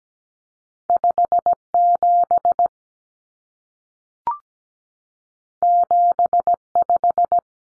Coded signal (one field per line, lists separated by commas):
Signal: Morse code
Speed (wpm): 17 wpm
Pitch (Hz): 700 Hz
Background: none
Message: 57 75